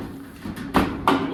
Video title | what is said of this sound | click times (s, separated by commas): New rear quarter panels for the 72 Monte Carlo | just like that she kind of snaps into place | 0.8 s, 1.1 s